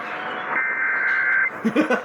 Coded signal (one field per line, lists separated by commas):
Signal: Emergency Alert System (SAME) tones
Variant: header bursts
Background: speech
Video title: BILLY MAYS: BUT I'M NOT DONE YET!! EAS Alerts from 3/28/20 - 3/29/20 (EAS #3,839 - 3,850)